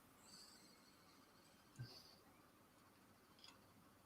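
A small clear plastic lens is handled at the opening of a plastic model housing over the LED, flat side facing out, with only faint, brief handling taps around 1.8 s and 3.4 s against a steady background hiss. Nothing has seated or clicked yet; the clip ends before the lens goes home.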